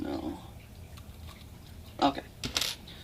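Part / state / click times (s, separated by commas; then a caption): hammer into the sear of a rifle trigger group / seated / 2.4 s, 2.6 s. Someone talks as the steel hammer of an Israeli light-barrel FAL rifle's trigger group is worked into its sear. Sharp metallic clicks sound at 2.4 and 2.6 seconds as the hammer's claw catches and hooks beneath the sear, locking it in place.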